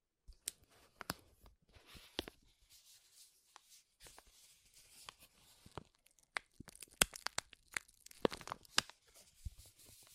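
Crinkling of something like foil or plastic, made of sharp, bright crackles in irregular bursts. Sparse snaps come first, then from about six seconds the crackling grows denser and louder with frequent sharp peaks, brief quiet gaps between clusters.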